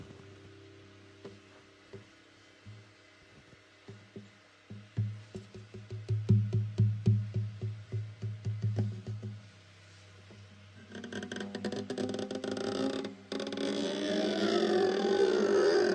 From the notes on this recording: fast tapping and stringing his guitar